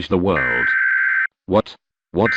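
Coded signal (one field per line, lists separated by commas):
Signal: Emergency Alert System (SAME) tones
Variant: header bursts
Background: speech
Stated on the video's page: Fictional EAS scenario of a nuclear anti-matter attack, an alternative-timeline recreation.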